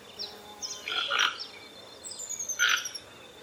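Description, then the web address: Toco toucan making two rough, throaty croaks about one and a half seconds apart, with a thin descending whistle and light chirping from other birds. "Ramphastos toco. صدای-پرنده-توکان-منقاردار"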